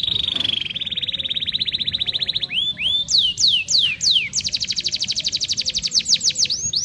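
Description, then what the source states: Canary song: a long rapid trill of clear notes, then several loud downward-sweeping whistles, then a fast high trill, continuous and energetic. Legendary, highly vocal (gacor) canary song used as a training recording (masteran).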